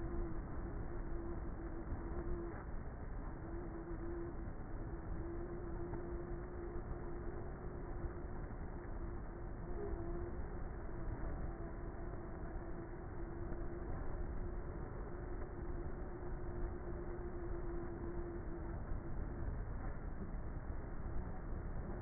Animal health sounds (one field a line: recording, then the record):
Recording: honeybee colony, microphone inside the hive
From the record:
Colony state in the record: queenless with a low population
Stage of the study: before two queens were removed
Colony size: about 30,000 bees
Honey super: no